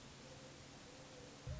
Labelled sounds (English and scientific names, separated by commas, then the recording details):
Mourning Dove (Zenaida macroura)
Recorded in Sonoma County, California